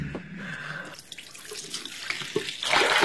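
A tap runs steadily, water splashing and gurgling into a glass for about three seconds, with no voices. The hiss swells louder and brighter near the end as the flow strengthens.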